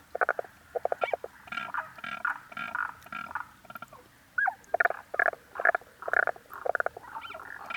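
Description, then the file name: Frog calls: short pulsed, rattling croaks in quick bursts, with some gaps and a few higher chirp-like notes. "Rananeba Calling"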